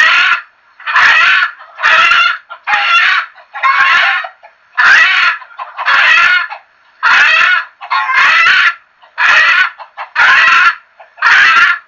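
Chicken giving loud, harsh squawking clucks in a steady series, about one call per second, each burst rough and broad across the range, with short silent gaps between.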